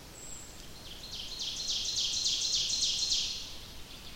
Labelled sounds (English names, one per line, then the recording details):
Ovenbird song
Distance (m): 50 m
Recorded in boreal forest in Alberta, Canada, on 28 May 2016 at 06:56
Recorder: SongMeter 3, array SBT-3-49
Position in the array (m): 75 m, 253 m
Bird 14